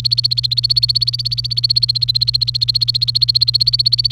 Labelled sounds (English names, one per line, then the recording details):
Domestic Canary song
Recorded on 28 April 2018 at 15:01
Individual llb3